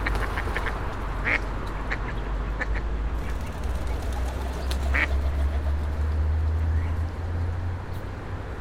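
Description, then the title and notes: Duck quacking, harsh nasal calls coming in irregular clusters, one louder near the middle, over constant road traffic and passing vehicles. Ducks fed by passers-by on the Old Town Promenade, Old Town, Wrocław, at 16:00; passing cars and buses; Sony PCM-D50 recorder, Rode NT4 microphone, FEL BMA preamplifier. "Kaczki i gołębie na Promenadzie Staromiejskiej cz.2 Lokalizacja: Stare Miasto Czas: 16.00. Opis: Kaczki i gołębie karmione przez przechodniów. Odgłosy przejeżdżających samochodów i autobusów. Autor nagrania: Bartosz Grzyb"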